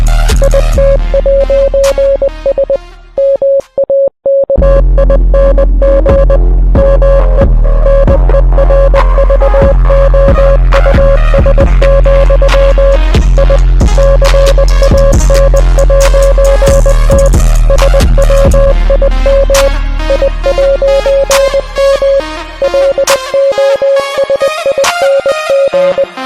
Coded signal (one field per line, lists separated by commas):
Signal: Morse code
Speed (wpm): 20 wpm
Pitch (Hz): 550 Hz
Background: music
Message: IT'S MAKING ME NERVOUS, I CAN'T SWIM I'M LOSING